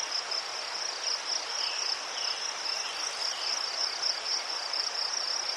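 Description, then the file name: Crickets chirp in a steady, rapidly pulsed high trill, and a few quiet bird notes sound in the background. Crickets in a forest, with birds and a river in the distance. "les sverchki ptici i shum reki vdaleke"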